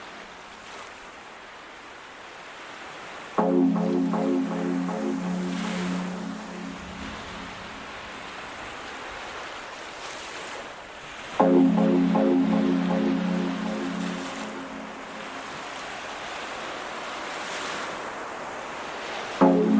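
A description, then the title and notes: Rain on a foggy day hisses steadily throughout, while a low, droning horn sounds for several seconds near 3 and 11 seconds and again at the end. RAINY & FOGGY DAY IN KOH PHANGAN.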